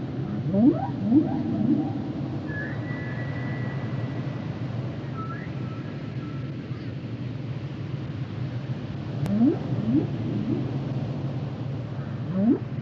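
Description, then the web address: Whale song: short rising upsweeps in small clusters, separated by long, thin, level whistled tones over a low rumble. "Natures Songs Whale Songs Whales and Dolphins - whale nature sounds songs"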